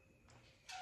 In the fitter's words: So we got this locked into place.